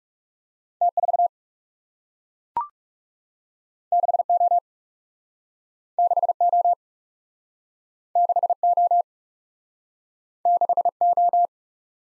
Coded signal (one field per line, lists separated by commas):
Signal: Morse code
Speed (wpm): 40 wpm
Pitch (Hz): 700 Hz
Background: none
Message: T 4 6 O 6 O 6 O 6 O